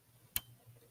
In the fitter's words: okay I just heard it click in